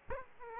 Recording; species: mosquito wingbeat signal from an infrared sensor; Aedes aegypti